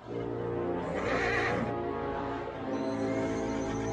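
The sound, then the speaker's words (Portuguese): A horse neighs loudly and at length, a shrill, quavering whinny with a brighter, rising burst near the start, then a steady, wavering cry that carries on to the end. No one speaks. “Mas, Vodka, o cavalo engoliu o transmissor.”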